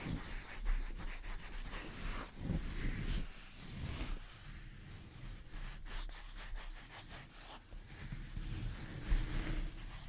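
Delicate scratching on a microphone runs through the whole ten seconds in quick, rubbing strokes that come in short bursts of rapid scrapes. Soft low taps and thumps land now and then, clearly around the two-and-a-half, four and nine second marks.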